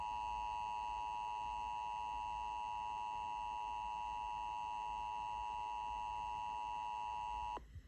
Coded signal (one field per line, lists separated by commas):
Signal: Emergency Alert System (SAME) tones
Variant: 853 and 960 Hz attention tone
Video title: EAS Capture #14-15 - Sacramento’s RMT.